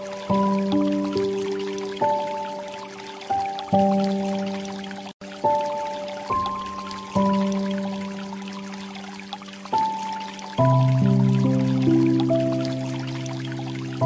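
Gentle light music plays over flowing water: soft piano-like notes are struck every second or two, each ringing and fading, with a fuller chord near 10.5 seconds. A steady watery hiss runs underneath, broken by a brief silence around 5 seconds.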